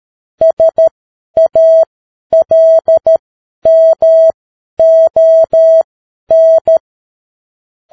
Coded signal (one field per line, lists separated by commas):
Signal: Morse code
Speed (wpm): 13 wpm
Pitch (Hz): 650 Hz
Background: none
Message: SALMON